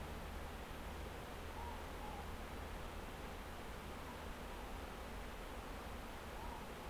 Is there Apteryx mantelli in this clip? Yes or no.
no